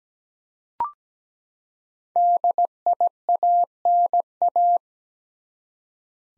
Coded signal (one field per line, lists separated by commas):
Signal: Morse code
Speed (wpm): 17 wpm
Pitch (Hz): 700 Hz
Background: none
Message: DIANA